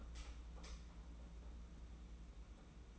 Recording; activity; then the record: daily activity, microphone in the room; light on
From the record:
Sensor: 1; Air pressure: 991.9 hPa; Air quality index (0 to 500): 210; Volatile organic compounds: 1000 ppm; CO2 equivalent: 8156 ppm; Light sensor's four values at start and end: 10/22/9/10 and 14/40/15/17